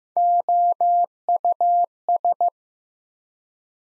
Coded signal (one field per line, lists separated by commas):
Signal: Morse code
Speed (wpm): 15 wpm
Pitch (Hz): 700 Hz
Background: none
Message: OUS